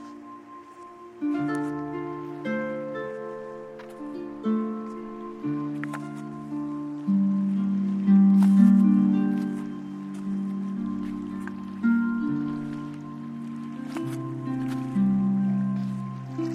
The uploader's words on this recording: Kelley Point Soundwalk distinctly captures the sound of the lapping Columbia River with ASMR-like sensitivity, forming a unique backdrop for piano, strings, and hushed, undulating synth drones.